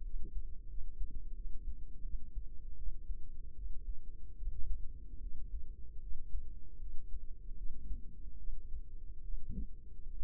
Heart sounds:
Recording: heart sounds by microphone in the right ear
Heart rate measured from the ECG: 78 bpm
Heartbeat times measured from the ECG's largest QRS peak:
0.04 s: heartbeat
0.69 s: heartbeat
1.35 s: heartbeat
2.04 s: heartbeat
2.77 s: heartbeat
3.55 s: heartbeat
4.37 s: heartbeat
5.21 s: heartbeat
6.01 s: heartbeat
6.79 s: heartbeat
7.56 s: heartbeat
8.38 s: heartbeat
9.23 s: heartbeat
10.10 s: heartbeat
From the record:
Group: healthy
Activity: rest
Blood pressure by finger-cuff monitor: 115/48 mmHg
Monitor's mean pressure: 73 mmHg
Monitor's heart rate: 76 bpm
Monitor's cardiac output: 10.3 L/min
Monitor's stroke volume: 125 mL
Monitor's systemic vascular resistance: 520 dyn s/cm5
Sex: female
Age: 32 years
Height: 168 cm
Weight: 61.9 kg

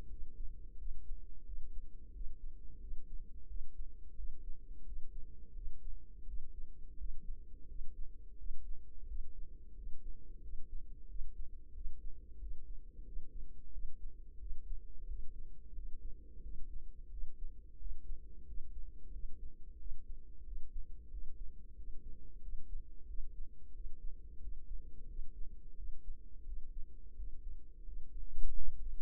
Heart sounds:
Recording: heart sounds by microphone in the right ear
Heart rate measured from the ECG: 89 bpm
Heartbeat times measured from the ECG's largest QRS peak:
0.06 s: heartbeat
0.74 s: heartbeat
1.42 s: heartbeat
2.10 s: heartbeat
2.76 s: heartbeat
3.44 s: heartbeat
4.13 s: heartbeat
4.81 s: heartbeat
5.51 s: heartbeat
6.23 s: heartbeat
6.94 s: heartbeat
7.64 s: heartbeat
8.34 s: heartbeat
9.04 s: heartbeat
9.72 s: heartbeat
10.38 s: heartbeat
11.04 s: heartbeat
11.70 s: heartbeat
12.36 s: heartbeat
13.01 s: heartbeat
13.68 s: heartbeat
14.35 s: heartbeat
15.04 s: heartbeat
15.71 s: heartbeat
16.39 s: heartbeat
17.07 s: heartbeat
17.75 s: heartbeat
18.42 s: heartbeat
19.08 s: heartbeat
19.75 s: heartbeat
20.41 s: heartbeat
21.07 s: heartbeat
21.72 s: heartbeat
22.38 s: heartbeat
23.03 s: heartbeat
23.69 s: heartbeat
24.37 s: heartbeat
25.04 s: heartbeat
25.73 s: heartbeat
26.41 s: heartbeat
27.12 s: heartbeat
27.81 s: heartbeat
28.51 s: heartbeat
From the record:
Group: healthy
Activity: rest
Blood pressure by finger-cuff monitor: 126/76 mmHg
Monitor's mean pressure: 94 mmHg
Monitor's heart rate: 88 bpm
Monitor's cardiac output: 7.3 L/min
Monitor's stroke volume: 82 mL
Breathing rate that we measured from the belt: 21 breaths a minute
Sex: female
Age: 32 years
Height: 172 cm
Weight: 71.7 kg

